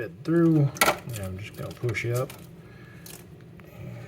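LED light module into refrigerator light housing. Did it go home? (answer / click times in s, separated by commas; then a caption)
no / none. A replacement LED light module is being pushed up into its light housing in the ceiling of a KitchenAid refrigerator (KRFF507HPS01) while someone talks. Faint handling ticks follow near 3.1, 3.4 and 3.6 seconds, but nothing has seated or clicked into place yet.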